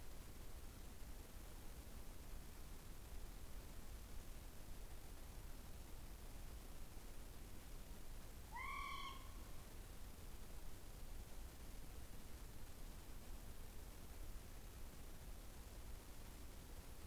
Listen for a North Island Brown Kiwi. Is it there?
no